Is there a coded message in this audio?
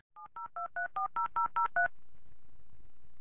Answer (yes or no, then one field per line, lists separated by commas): yes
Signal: DTMF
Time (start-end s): 0.2-1.9 s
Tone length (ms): 130 ms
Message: 702340003